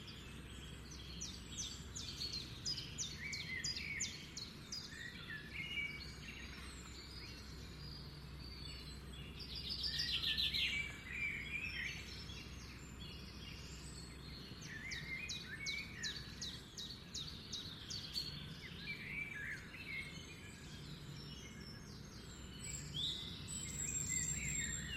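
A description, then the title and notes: Morning birdsong from several birds chirps and trills steadily over a low outdoor rumble, with a brighter, busier burst around ten seconds. Morning Bird Song. Nomusic #forest.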